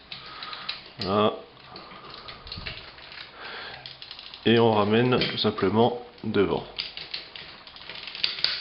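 A plastic limb or panel of a Transformers MasterPiece MP-04 Optimus Prime robot figure is handled during transformation, swung round to the front and pushed toward the body, with light plastic taps and rattles and a few sharper ticks near the end while someone talks. The part has not locked into place yet; nothing has seated or clicked by the end of the clip.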